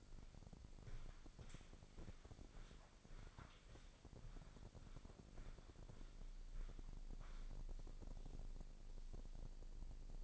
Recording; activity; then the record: daily activity, microphone in the room; walk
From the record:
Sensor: 5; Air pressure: 1009.4 hPa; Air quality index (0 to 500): 147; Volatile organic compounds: 2 ppm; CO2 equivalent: 1135 ppm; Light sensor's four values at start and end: 319/754/326/364 and 318/751/324/362